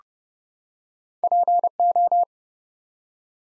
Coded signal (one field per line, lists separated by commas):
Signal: Morse code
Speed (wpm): 30 wpm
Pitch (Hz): 700 Hz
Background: none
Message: PO